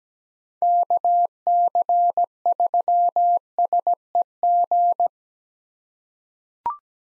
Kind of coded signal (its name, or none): Morse code